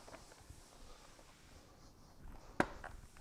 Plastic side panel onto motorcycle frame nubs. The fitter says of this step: And do a nice firm push on, and you'll hear it pop.